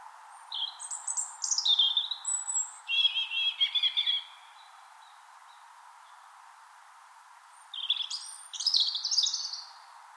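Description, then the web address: European robin song: two lively phrases of high whistles, sweet trills and thin sliding notes, separated by a pause of several seconds, over soft hiss. Song heard on spring mornings in Finland. "Punarinta lauri hallikainen. punarinnan laulu sulostuttaa kevataamuja"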